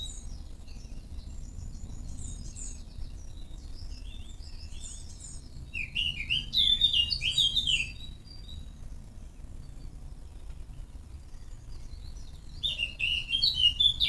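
Various birds call and sing in a garden in the early morning, with quick high chirps and trills scattered through the clip. A louder, warbling song bursts out around six to eight seconds and again near the end. A steady low rumble runs underneath throughout.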